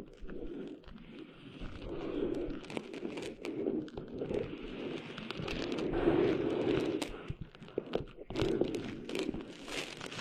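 Sand rustles and crunches on a beach, a continuous gritty shuffling that swells and eases in uneven waves, loudest around six to seven seconds. Sharp little crackles and ticks scatter through it, with a few brighter clicks near the end.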